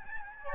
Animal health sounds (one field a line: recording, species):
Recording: mosquito wingbeat signal from an infrared sensor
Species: Aedes albopictus